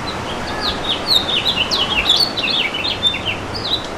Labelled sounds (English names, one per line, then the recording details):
House Finch song
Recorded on Long Island, New York, on 11 June 2012
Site OP
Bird C